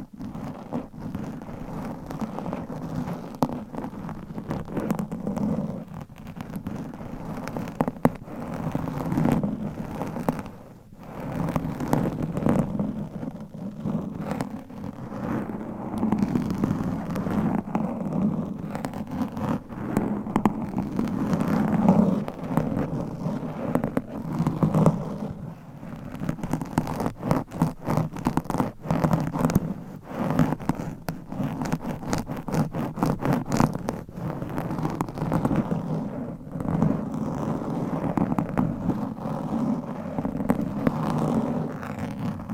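Microphone scratching with nails and mic covers makes a dense, continuous rustling and rubbing, strongest in the low-middle range with a muffled, thumpy quality. The texture keeps shifting in rapid bursts of strokes, with brief dips around eleven and twenty-five seconds.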